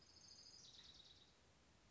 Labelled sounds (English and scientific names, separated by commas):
Orange-crowned Warbler (Leiothlypis celata)